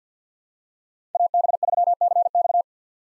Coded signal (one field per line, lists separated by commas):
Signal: Morse code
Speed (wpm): 50 wpm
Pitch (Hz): 700 Hz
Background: none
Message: AB3CX